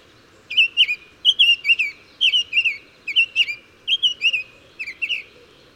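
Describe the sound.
Bird song: bright, twittering phrases of sliding whistled notes, given six times in steady succession, with a soft constant hiss beneath.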